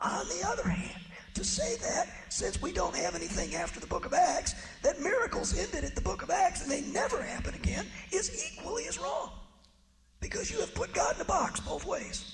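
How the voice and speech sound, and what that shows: Adult man teaching Sunday school with severe dysphonia: a rough, hoarse voice, like the worst case of laryngitis, which he can only produce by screaming. It is strained and high-pitched with little clear tone. A flu virus got into the sheath of his vocal folds and damaged the nerve tissue beyond repair. He had been seen by many specialists over 3 years.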